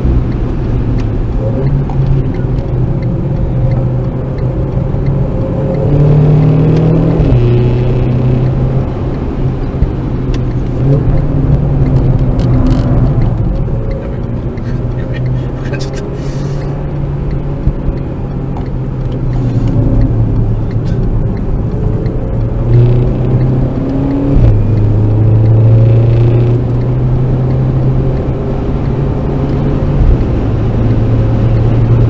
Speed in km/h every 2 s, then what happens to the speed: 84, 69, 70, 91, 99, 79, 70, 71, 76, 77, 56, 70, 84, 95, 104, 112.
0-2 brakes to 69. 4-7 speeds up to 99. 8-11 brakes to 70. 17-21 brakes to 56. 21-32 speeds up to 112.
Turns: 0-5, 10-14, 18-23.